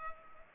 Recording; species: mosquito wingbeat signal from an infrared sensor; Culex pipiens